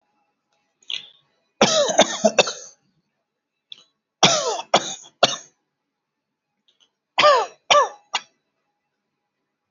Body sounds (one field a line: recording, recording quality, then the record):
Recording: heavy voluntary cough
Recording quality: excellent, no background noise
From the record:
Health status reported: healthy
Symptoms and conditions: hypertension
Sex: male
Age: 48 years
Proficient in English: yes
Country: India